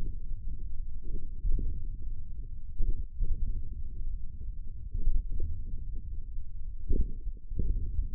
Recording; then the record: forearm muscle sounds (acoustic myography)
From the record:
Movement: hand opening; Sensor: system 1, eight BSWA MPA416 microphones around the upper forearm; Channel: 5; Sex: male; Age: 54 years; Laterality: right